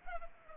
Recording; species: mosquito wingbeat signal from an infrared sensor; Culex pipiens